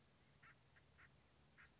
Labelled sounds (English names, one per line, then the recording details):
Acorn Woodpecker
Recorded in Sonoma County, California